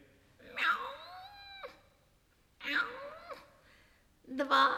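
A cat gives three drawn-out, wavering meows, the first long and bending in pitch, the second shorter, the third starting loud and cut off at the end, with quiet pauses between them.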